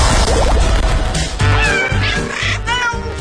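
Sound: cat meowing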